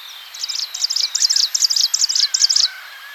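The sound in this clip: Striated prinia singing a fast, even series of high, buzzy, clipped notes for over two seconds, with soft background bird calls.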